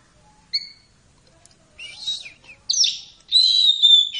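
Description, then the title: Oriental magpie-robin giving a thin whistle, then scratchy notes, then loud scratchy and whistled phrases. "Kicau Kacer"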